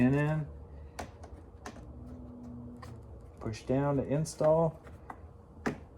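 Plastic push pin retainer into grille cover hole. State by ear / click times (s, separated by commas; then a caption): seated / 5.7 s. Someone talks while a plastic push-pin retainer is put into a hole in the grille cover of a 2017+ Ford PowerStroke F250/F350 6.7 during a windshield washer repair, then pushed down to lock it. Several small sharp clicks come first, around 1.0, 1.7, 2.8 and 5.1 s, followed by the loudest click at 5.7 s as the pin seats.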